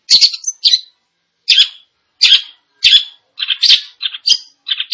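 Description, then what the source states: Long-tailed shrike song: bursts of harsh, scratchy notes separated by short gaps, turning into quicker, more varied chattering phrases. Described as gacor, singing actively and profusely.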